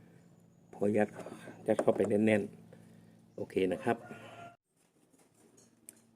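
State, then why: Seated. A windshield washer pump motor for a Mazda 2 is pushed into its grommet on the plastic washer fluid reservoir until it locks into its original catch. Someone talks through the first half. After a quiet stretch, a sharp snap at 5.9 seconds marks the motor seating in place.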